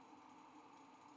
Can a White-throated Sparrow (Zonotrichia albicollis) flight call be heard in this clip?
no